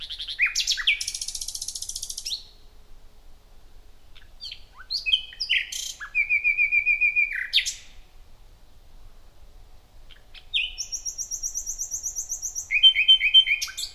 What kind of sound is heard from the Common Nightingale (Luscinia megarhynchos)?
song